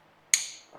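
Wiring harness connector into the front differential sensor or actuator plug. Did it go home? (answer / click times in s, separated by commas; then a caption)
yes / 0.3 s. A plastic electrical connector on the front differential wiring of a 2005–2015 Toyota Hilux N70 is pushed together into the front diff sensor or actuator plug. One sharp, loud, bright click at 0.3 s rings down quickly, followed by a faint low knock near 0.8 s. The connector is seated and won't pull out.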